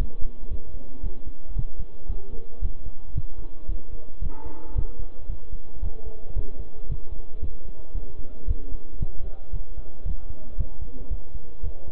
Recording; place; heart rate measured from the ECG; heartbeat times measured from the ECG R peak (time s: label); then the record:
heart sounds by stethoscope; between the tricuspid and mitral areas; 113 bpm
0.51 s: heartbeat
1.03 s: heartbeat
1.56 s: heartbeat
2.09 s: heartbeat
2.62 s: heartbeat
3.16 s: heartbeat
3.69 s: heartbeat
4.22 s: heartbeat
4.76 s: heartbeat
5.29 s: heartbeat
5.83 s: heartbeat
6.36 s: heartbeat
6.89 s: heartbeat
7.42 s: heartbeat
7.95 s: heartbeat
8.48 s: heartbeat
9.01 s: heartbeat
9.53 s: heartbeat
10.06 s: heartbeat
10.58 s: heartbeat
11.11 s: heartbeat
11.63 s: heartbeat
From the record:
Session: bicycle stress test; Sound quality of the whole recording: good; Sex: male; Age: 23 years